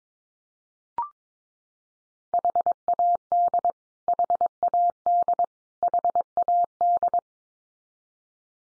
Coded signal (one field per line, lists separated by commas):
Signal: Morse code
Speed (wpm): 22 wpm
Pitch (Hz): 700 Hz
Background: none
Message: HAD HAD HAD